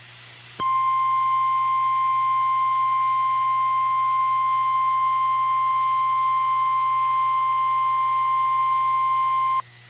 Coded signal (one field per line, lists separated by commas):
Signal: Emergency Alert System (SAME) tones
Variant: 1050 Hz attention tone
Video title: WTF BLACKSBURG || EAS #13-14